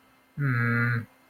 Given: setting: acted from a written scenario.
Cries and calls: vocal sound without words; disappointment

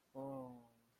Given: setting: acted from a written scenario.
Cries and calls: vocal sound without words; sympathy

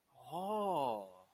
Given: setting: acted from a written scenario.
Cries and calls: vocal sound without words; awe

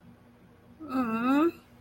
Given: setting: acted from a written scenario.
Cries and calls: vocal sound without words; sympathy

